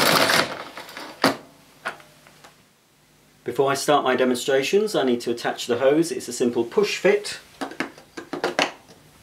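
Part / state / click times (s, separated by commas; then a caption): vacuum hose end into cylinder vacuum cleaner inlet / seated / 8.6 s. The flexible hose of a Goblin GCV301W bagless cylinder vacuum cleaner is pushed into the inlet on the cleaner body as a simple push fit while someone talks. A few faint knocks and handling sounds come before a burst of small clatters near the end. The hose end seats with a sharp, short click at 8.6 s.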